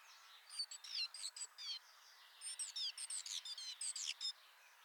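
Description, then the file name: Great tit calls: rapid bursts of short, high chirping notes with quick downward sweeps, delivered in two clusters separated by a brief pause. "Parus major"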